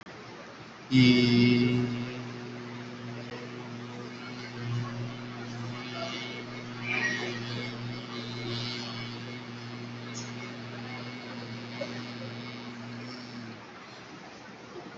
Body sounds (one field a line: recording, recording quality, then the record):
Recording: sustained vowel as in beet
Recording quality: excellent, no background noise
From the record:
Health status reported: COVID-19 positive, mild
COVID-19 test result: positive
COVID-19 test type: RT-PCR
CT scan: taken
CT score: 6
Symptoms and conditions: cough, cold, breathing difficulty, sore throat, fever, fatigue, muscle pain, loss of smell and taste, diarrhoea, diabetes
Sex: male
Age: 36 years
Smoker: yes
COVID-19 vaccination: both doses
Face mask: not worn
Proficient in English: yes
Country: India